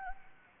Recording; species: mosquito wingbeat signal from an infrared sensor; Anopheles gambiae